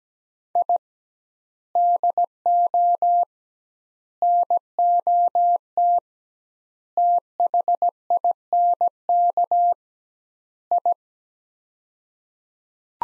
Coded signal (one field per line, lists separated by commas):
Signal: Morse code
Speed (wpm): 17 wpm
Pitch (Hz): 700 Hz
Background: none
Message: I DO NOT THINK I